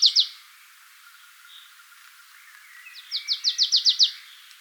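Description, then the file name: Marsh tit calls: two sharp notes at the start, then after a pause an even series of about seven clipped notes. "Poecile palustris"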